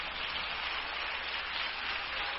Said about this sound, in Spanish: Déselo fuerte y acompañe ese aplauso con un aleluya. Acompañe ese aplauso con una adoración.